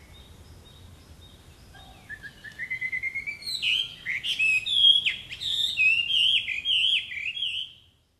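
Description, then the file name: Chinese hwamei song: after a quiet start, loud, varied whistled phrases with slurred notes, over a faint low rumble. Recorded in Hino, Japan, on 12 May 2004. "gabicho 040512 hino"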